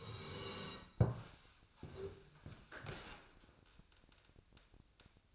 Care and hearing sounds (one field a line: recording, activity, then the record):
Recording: daily activity, microphone in the room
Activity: sit down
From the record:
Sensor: 2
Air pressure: 1000.3 hPa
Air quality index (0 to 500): 164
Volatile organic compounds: 3 ppm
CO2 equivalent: 1367 ppm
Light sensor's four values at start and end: 9/19/8/9 and 8/20/8/9